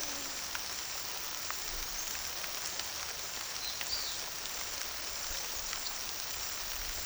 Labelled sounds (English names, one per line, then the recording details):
none
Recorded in secondary vegetation near Puerto Asís, Putumayo, Colombia, on 18 February 2024 at 14:00
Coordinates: 0.500, -76.326
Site G6428